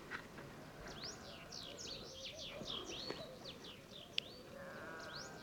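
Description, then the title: Sahara bunting song: a faint run of rapid rising and falling whistled notes over steady background hiss. Several wild birds singing together, unseen among heaps of stones in the ruins of old Wadan, Mauritania, just after sunrise on 23 February 2019; recorded with Tlp7 and Mixpre3. "Bruant du Sahara - Mauritanie"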